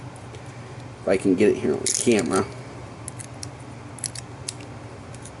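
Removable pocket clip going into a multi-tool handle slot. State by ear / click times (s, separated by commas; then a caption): not seated / none. Someone talks briefly while a removable metal pocket clip is handled at the bit-holder slot at the end of a Leatherman Charge TTI multi-tool handle. Light metallic ticks and taps follow at 3.1, 3.4, 4.1, 4.2 and 4.5 seconds. The clip has not yet gone home, and nothing has seated or clicked into the notch.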